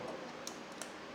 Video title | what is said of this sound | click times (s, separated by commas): Cách LẮP ĐẶT và CÀI ĐẶT Camera EZVIZ C6N, C6N PRO 2K Chi tiết TỪ A-Z - Hướng Dẫn Mới Nhất | When you press it, you hear a click, that's enough. | 0.5 s, 0.8 s